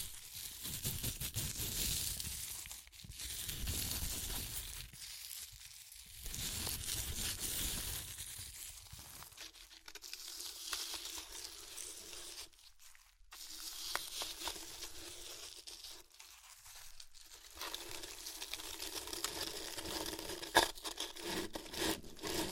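Crunchy chips being crushed and crinkled in bursts, with dense crackling and rustling that comes and goes. Louder stretches of crunching alternate with brief quiet gaps around 3, 6 and 13 seconds, and sharp snaps stand out near 20 seconds.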